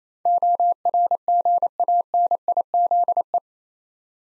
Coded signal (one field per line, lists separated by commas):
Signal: Morse code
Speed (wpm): 29 wpm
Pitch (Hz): 700 Hz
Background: none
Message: ORGANIZE